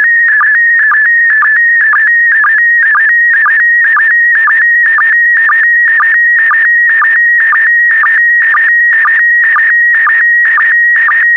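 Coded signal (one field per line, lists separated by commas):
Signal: SSTV (slow-scan television)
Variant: PD120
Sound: warbling tone around 2 kHz with short low sync blips about twice a second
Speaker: complete. You can now check your decoded image against the picture that is shown on the video.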